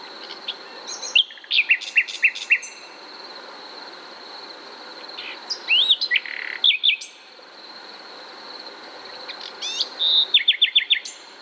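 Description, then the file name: Common nightingale song in short bursts of sharp repeated notes and varied phrases, separated by pauses, over a steady high drone. "Luscinia megarhynchos"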